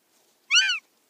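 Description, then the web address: Northern goshawk gives a single short, nasal, slightly arched call of about a third of a second, with no other sounds around it. Female. "Schulze Peter Goshawk female"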